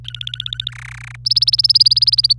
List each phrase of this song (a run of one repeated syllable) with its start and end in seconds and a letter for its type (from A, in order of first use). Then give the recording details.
0.04-0.71 A, 0.72-1.16 B, 1.25-2.33 C. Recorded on 26 April 2018 at 09:38. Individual llb3